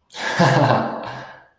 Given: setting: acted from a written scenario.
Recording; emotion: vocal sound without words; amusement